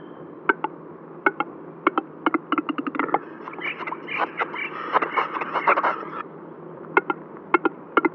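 Western capercaillie display song, clicks speeding into a roll, then several seconds of wheezy scraping, followed by more spaced dry clicks.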